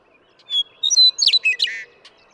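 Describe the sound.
Western meadowlark song: a few clear whistled notes, then a quick, bubbling, gurgled jumble ending in a buzzy flourish, heard once.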